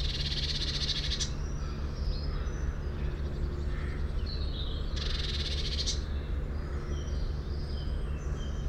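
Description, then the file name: Eurasian blue tit scolding: two dry, rapidly pulsed churring bursts roughly four seconds apart, amid faint twittering of other birds and steady low background noise. "Cyanistes caeruleus"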